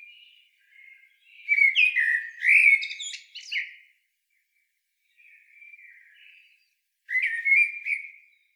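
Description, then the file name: Common blackbird calling in clustered chirps and thin squeaks, a dense burst early, a softer note midway, then another short chattering burst. "Turdus merula"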